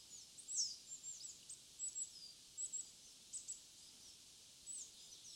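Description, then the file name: Coal tit giving thin, very high call notes, singly and in short pairs, spaced irregularly over faint background hiss. Sapporo, 19 March 2011. "higara sapporo namba"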